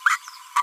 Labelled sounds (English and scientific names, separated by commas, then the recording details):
Green-rumped Parrotlet (Forpus passerinus) babbling
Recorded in a nest box in Venezuela
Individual 18B25A5